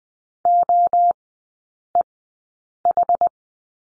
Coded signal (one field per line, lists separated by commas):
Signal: Morse code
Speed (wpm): 20 wpm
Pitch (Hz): 700 Hz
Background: none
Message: O E H